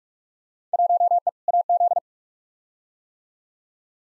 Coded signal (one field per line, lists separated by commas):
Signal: Morse code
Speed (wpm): 46 wpm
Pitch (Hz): 700 Hz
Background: none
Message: 1E AZ